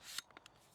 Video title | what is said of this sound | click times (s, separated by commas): Gozney Tread Unboxing & First Use - Portable Pizza Oven Review & Setup 🔥 | And then it locks in place. | 0.2 s